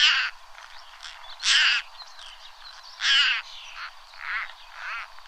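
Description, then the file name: European roller harsh croaking calls, a few loud grating notes about every one and a half seconds with quieter rasping sounds between them. "szalakota hangja"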